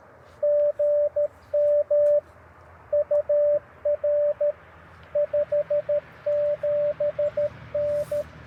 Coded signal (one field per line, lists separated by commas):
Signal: Morse code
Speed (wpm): 21 wpm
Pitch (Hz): 610 Hz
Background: radio noise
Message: GM UR 57N